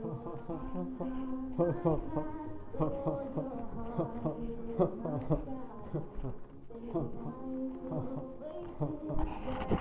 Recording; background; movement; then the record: laughter; music; walking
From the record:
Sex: male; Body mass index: 23.7 kg/m2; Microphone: on the chest, facing the body